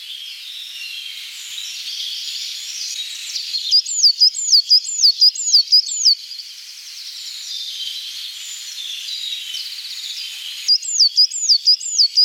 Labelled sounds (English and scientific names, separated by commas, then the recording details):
Coal Tit (Periparus ater) song
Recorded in the wild
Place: Kandel /Schwarzwald; Gemeinde Waldkirch, Baden-Württemberg, DE
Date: 1977-06-12
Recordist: Schwarz, Dieter
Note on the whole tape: Song